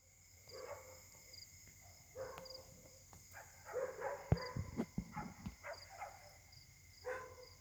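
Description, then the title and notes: Dog barks in ragged runs, with a few sharp knocks midway and steady background tones. Many dogs barking at night, described as a dog concert troubling residents, Caltex, 3 Mares, Réunion; recorded on a Samsung Galaxy S8 smartphone with a partly clogged left microphone. "Caltex, 3 mares, Réunion. La nuit s'annonce difficile pour les habitants: concert de chiens"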